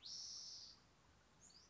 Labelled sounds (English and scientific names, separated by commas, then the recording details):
Spotted Towhee (Pipilo maculatus)
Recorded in Sonoma County, California